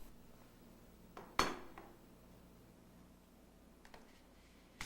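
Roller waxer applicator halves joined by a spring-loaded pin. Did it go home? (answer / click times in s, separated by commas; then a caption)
yes / 1.4 s. The two halves of a Kirby G5 vacuum's roller waxer applicator are pushed together until the spring-loaded pin clicks into place. A soft tap at 1.2 s leads into the sharp, loud click at 1.4 s, followed by quieter taps around 1.8 s, 3.9 s and 4.8 s. The pin is seated.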